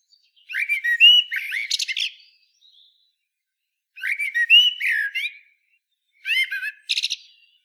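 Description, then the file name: Common blackbird singing three separate mellow warbled phrases, with high, thin twittering notes, separated by short pauses. "Turdus merula"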